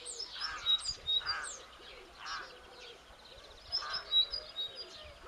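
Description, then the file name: Great tit calls, short high chirps repeated in small bursts with lower mid-pitched notes between them, over faint low background rumble. "Parus major"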